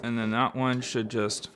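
A small die-cast or plastic door is being handled for pushing onto its hinge pin on a collectible toy car body, while a man talks throughout. Nothing has seated or clicked yet by the end of the clip.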